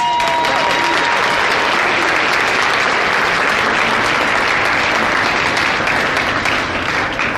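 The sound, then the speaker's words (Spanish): A crowd claps steadily for several seconds for collaborators on a Mónica Mayer project, a dense, sustained patter of many hands at full loudness with no pauses, easing only slightly at the end. “Una gran aplauso.”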